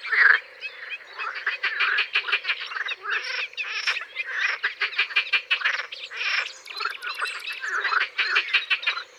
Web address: Grenouille verte. abc de la nature